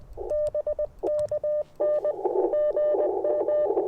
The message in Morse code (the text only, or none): BK N GM